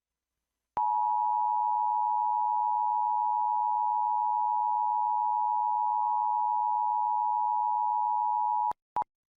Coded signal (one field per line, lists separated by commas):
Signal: Emergency Alert System (SAME) tones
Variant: 853 and 960 Hz attention tone